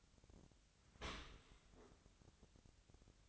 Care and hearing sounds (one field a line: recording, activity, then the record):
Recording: daily activity, microphone in the room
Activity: open dishwasher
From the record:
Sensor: 3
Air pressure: 1003.0 hPa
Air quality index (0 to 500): 198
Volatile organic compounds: 6 ppm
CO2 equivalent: 1930 ppm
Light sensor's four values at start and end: 33/82/35/38 and 33/82/35/38